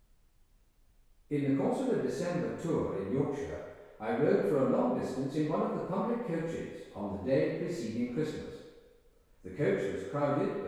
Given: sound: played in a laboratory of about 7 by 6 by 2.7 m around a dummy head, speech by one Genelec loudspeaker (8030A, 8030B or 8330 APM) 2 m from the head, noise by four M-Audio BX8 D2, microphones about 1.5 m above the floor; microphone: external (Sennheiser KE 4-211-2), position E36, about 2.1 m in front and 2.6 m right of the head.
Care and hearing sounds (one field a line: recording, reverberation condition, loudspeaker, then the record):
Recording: male speech in English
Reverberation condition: high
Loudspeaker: 60 degrees to the right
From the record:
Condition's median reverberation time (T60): about 1300 ms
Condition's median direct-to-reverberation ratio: about -4.0 dB